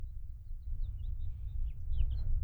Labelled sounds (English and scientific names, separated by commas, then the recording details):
House Finch (Haemorhous mexicanus) song
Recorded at Babylon on Long Island, New York, on 22 May 1975
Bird B